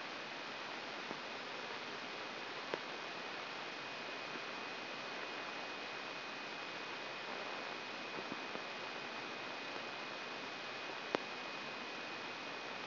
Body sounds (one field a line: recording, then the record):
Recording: brain microelectrode recording played as sound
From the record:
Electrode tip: inside the subthalamic nucleus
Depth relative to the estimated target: 2 mm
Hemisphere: left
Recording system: AlphaMap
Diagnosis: Parkinson's disease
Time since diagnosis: 16 years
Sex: male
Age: 60 years